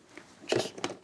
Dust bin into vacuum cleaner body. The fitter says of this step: like so it clicks into place and to remove it you'd push that on